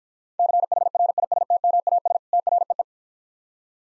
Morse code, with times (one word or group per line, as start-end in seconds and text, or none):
0.4-2.2 CHRISTMAS
2.3-2.8 TREE